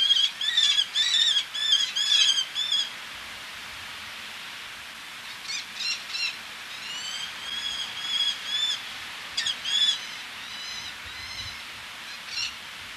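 Eleonora's falcon: a loud burst of harsh, rapid notes at the start, a silent gap, then scattered fainter calls spaced irregularly.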